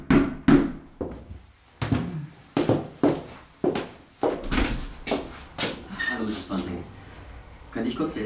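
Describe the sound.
A series of sharp, irregularly spaced knocks on a front door, about a dozen hollow thumps, with voice-like tonal sounds running underneath them.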